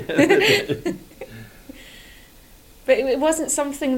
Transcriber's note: laughs